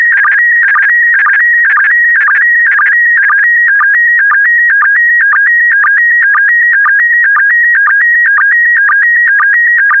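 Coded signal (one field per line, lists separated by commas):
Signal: SSTV (slow-scan television)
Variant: PD120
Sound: warbling steady tones stepping in pitch, with a short low chirp twice a second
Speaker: complete. You can now check your decoded image against the picture that is shown on the video.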